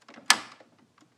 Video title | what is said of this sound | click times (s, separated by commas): Epson EcoTank ET 2800 2803 2700 4800 Printhead Cleaning - NOT PRINTING (SOLVED) No Kit Necessary! | and there's another click I'll move the light and I'll do it again | 0.3 s